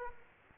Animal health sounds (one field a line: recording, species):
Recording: mosquito wingbeat signal from an infrared sensor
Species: Aedes aegypti